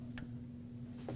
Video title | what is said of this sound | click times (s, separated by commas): How to Replace Spark Plugs 2009-2010 Dodge Ram 1500 (5.7L V8) | Make sure you listen for a click to know that it's locked in. | 0.2 s